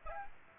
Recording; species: mosquito wingbeat signal from an infrared sensor; Aedes aegypti